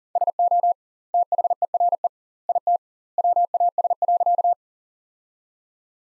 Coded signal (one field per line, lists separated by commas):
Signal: Morse code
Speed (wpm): 40 wpm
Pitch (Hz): 700 Hz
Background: none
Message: SO THERE IT WAS.